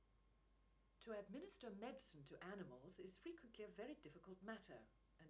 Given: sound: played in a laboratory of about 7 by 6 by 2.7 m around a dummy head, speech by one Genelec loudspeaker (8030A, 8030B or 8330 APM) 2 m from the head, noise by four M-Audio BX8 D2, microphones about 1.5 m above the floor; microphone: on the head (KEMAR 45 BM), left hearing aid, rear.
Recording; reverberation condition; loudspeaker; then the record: female speech in English; low; 90 degrees to the left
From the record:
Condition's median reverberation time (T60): about 310 ms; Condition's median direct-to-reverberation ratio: about 3.5 dB